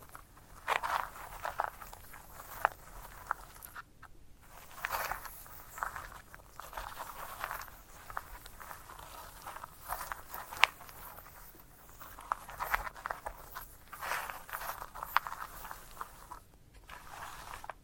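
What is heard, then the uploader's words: Crisp crackling and scratching on a sunflower head in uneven bursts, with short quiet gaps and sharp clicks every few seconds. ASMR of a Sunflower Head (No Talking).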